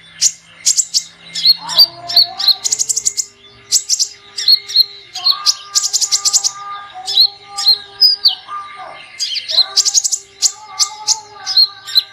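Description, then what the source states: Sunbird calls: rapid bursts of sharp, high chirps and ticks, with brief lower whistled slurs between bursts, running almost continuously. Lure sound used to attract birds.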